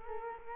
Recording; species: mosquito wingbeat signal from an infrared sensor; Culex quinquefasciatus